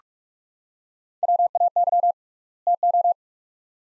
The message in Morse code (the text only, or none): WAY TO